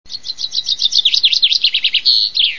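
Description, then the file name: Common chaffinch song: a rapid run of sharp high notes, then a series of quick falling-rising notes, ending in a brief flourish. "vink!"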